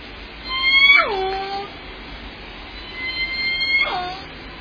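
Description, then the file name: Orca: killer whale calls, two in a row about three seconds apart. Each holds a high harmonic tone, then drops steeply to a lower drawn-out note. Hiss is present throughout. Recorded at Limekiln on 11 June 2014, late evening around 22:46. "2014 06 11 22 46 25 Orca limekiln"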